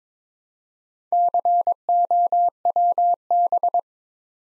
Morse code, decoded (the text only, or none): COWB